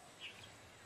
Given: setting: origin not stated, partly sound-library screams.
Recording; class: one-second piece from a danger detection set; normal situation